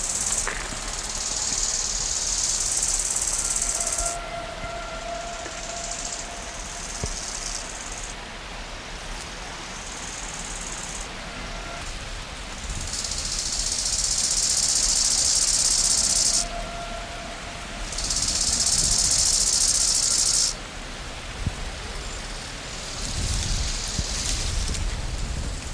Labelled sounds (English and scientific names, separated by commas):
Bow-winged Grasshopper (Chorthippus biguttulus) stridulation